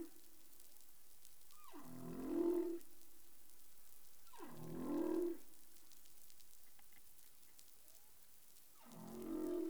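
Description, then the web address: Humpback whale song: three low moans, each opening with a quick descending sweep, spaced a few seconds apart, with a faint steady tone underneath. Recorded in the Caribbean on 20 April 2021 at 03:50 UTC. "CARIMAM clean data humpback whale"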